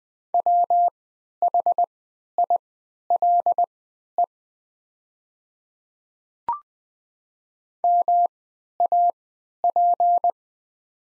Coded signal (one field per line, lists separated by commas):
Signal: Morse code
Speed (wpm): 20 wpm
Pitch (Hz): 700 Hz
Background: none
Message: WHILE MAP